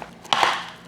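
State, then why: Seated. The two plastic tabs at the bottom of the front fender piece are pressed into the front fender of a Cunfon M200 electric dirt bike. A loud, sharp snap is heard at 0.3 s, followed by a second crack around 0.4 s and a brief fading rustle. The tabs snap into place and are seated.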